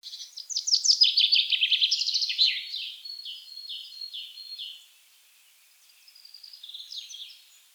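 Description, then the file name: Common chaffinch song: a fast rattling series of notes that drops in pitch and slows, followed after a pause by a softer second series of notes. "Fringilla coelebs"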